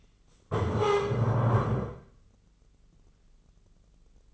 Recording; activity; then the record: daily activity, microphone in the room; stand up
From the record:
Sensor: 4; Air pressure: 996.8 hPa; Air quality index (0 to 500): 240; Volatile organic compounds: 332 ppm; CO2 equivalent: 4548 ppm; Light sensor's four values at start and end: 45/111/45/45 and 45/110/45/45